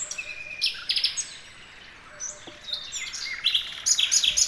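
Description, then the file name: Common nightingale giving short varied song phrases of chirps and clicks, a brief lull, then lively repeated notes at the close. "Luscinia megarhynchos"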